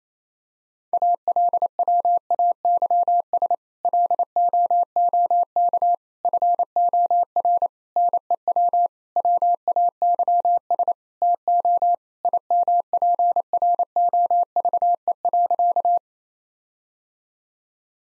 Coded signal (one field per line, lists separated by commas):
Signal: Morse code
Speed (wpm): 28 wpm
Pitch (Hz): 700 Hz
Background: none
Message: ALWAYS LOOK FOR NEW WAYS TO IMPROVE.